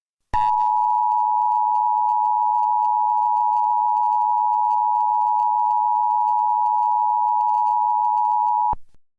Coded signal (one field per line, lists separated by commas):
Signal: Emergency Alert System (SAME) tones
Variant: 853 and 960 Hz attention tone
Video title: EAS Scenario: Asteroid Impact